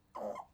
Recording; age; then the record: pig call; piglet (1 to 25 days)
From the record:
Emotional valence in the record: negative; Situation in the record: restrain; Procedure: back test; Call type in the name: low-frequency call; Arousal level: low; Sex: male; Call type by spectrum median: low-frequency call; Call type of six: mixed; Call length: 0.54 s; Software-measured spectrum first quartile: 532 Hz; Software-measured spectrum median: 669 Hz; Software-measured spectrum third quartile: 938 Hz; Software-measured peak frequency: 596 Hz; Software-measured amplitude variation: 222 dB a second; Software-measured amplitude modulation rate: 18.4 a second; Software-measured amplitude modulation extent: 12.1 dB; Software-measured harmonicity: 4.5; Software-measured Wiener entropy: -0.36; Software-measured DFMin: 1318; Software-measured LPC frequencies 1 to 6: 610, 1026, 2093, 3128, 4386, 5141 Hz